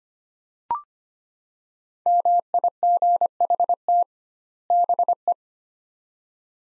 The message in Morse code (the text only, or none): MIGHT BE